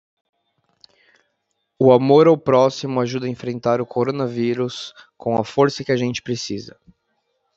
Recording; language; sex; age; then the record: spoken sentence; Brazilian Portuguese; male; 30 to 39 years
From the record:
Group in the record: control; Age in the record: 36 years